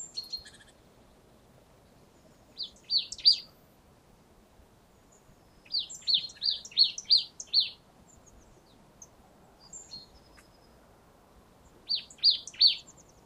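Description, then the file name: Marsh tit call: short clusters of high, sharp chipping notes, three to five at a time, separated by several seconds of quiet. "Poecile palustris"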